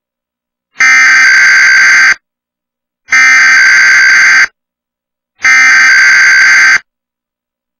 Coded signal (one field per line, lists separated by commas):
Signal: Emergency Alert System (SAME) tones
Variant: header bursts